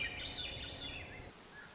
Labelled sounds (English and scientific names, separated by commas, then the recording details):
Swainson's Thrush (Catharus ustulatus)
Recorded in Sonoma County, California